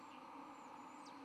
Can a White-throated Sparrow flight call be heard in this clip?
no